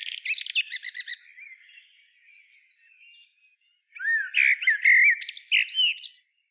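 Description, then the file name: Common blackbird song: a high twittering phrase ending, soft faint notes, then a fresh phrase of fluty warbles mixed with squeaky high chatter after about four seconds. "Turdus merula"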